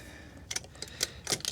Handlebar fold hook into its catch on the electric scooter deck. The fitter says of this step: the handlebar and then you're going to have this click this hook right here clicks into place